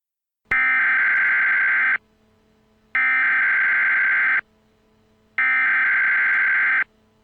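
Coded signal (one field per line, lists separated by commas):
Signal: Emergency Alert System (SAME) tones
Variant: header bursts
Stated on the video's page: Fictional EAS scenario about an asteroid striking Earth.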